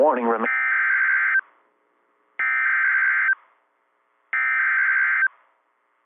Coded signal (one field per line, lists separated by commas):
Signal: Emergency Alert System (SAME) tones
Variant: header bursts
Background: speech